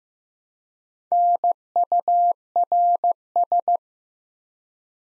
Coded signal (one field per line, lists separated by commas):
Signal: Morse code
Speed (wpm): 15 wpm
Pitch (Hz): 700 Hz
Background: none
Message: NURS